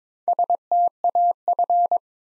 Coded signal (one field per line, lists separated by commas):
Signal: Morse code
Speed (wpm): 22 wpm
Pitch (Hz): 700 Hz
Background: none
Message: STAF